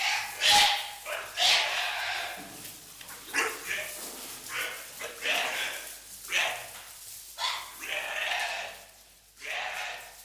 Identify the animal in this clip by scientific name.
Tayassu pecari